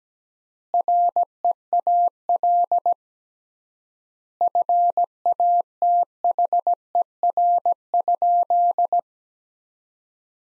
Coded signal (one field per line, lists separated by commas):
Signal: Morse code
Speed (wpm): 17 wpm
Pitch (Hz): 700 Hz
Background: none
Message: REAL FATHER?